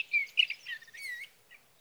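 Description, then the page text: Sage thrasher song, a short burst of slurred whistled notes and a longer drawn-out note, then a faint final note. Male singing near his night roost through three nights, evening of June 12 to morning of June 15, 2018, Sierra Valley, California; Swift recorder placed near roost; night songs. "Birdsong for the Curious Naturalist: Explore #7. 61. Sage thrasher songs, through the night"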